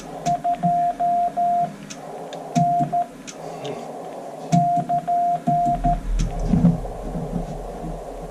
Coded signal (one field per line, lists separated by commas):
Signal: Morse code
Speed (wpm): 13 wpm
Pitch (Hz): 700 Hz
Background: radio noise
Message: 2 N <KN>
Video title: QRP / QRO in Northern NM